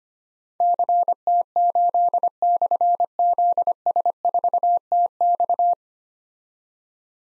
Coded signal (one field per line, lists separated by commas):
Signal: Morse code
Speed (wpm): 25 wpm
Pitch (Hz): 700 Hz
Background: none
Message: CT8/ZS4TX